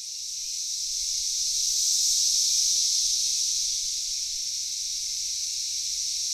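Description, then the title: Cicadas droning in a continuous, high, hissing buzz that swells slightly in loudness midway, then eases back, with no other clear sounds. Cicadas calling in a backyard in Knoxville, Tennessee, USA. "Knoxville, TN 37920, USA - Backyard Cicadas"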